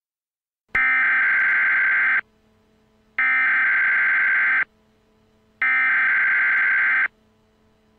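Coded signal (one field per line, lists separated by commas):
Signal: Emergency Alert System (SAME) tones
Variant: header bursts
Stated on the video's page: Fictional EAS scenario; content is entirely made up, not a real alert.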